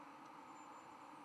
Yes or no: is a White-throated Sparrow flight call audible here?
no